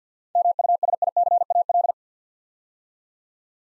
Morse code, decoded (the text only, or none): MUSICAL